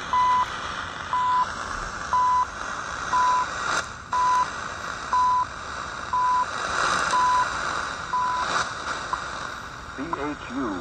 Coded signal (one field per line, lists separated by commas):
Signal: radio time signal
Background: speech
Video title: Yewrich YR-RU8 receive CHU time signal 3330 kHz Shortwave and Radio Habana Cuba 6000 on telescopic